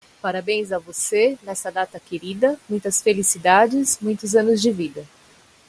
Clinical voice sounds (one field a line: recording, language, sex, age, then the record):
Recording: short text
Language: Brazilian Portuguese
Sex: female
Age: 50 to 59 years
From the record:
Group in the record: control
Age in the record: 54 years